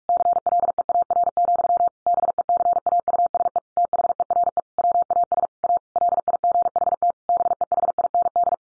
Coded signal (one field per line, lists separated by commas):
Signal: Morse code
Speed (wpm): 44 wpm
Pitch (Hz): 700 Hz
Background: none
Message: CLEAR, BECAUSE THERE WAS A LIGHT BEHIND